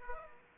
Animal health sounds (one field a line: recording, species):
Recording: mosquito wingbeat signal from an infrared sensor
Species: Aedes aegypti